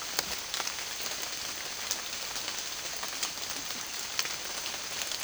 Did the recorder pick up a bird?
no